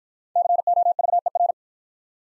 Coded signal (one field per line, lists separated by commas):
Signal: Morse code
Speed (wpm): 47 wpm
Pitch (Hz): 700 Hz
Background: none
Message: COVER